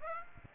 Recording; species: mosquito wingbeat signal from an infrared sensor; Aedes aegypti